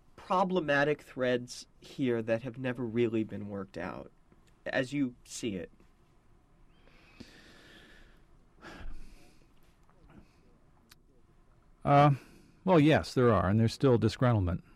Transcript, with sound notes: problematic threads here that have never really been worked out, as you see it?
(Sighs) Well, yes, there are and there is still disgruntlement.